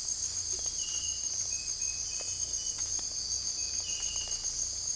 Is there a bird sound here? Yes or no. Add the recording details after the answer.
no. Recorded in secondary vegetation near Puerto Asís, Putumayo, Colombia, on 16 December 2024 at 05:00. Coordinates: 0.481, -76.318. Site G042